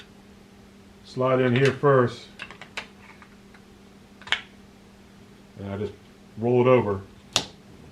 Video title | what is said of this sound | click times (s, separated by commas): CMP M1 Garand April of 2023 First Cleaning and Lube | Hear a snap. There you go. | 7.4 s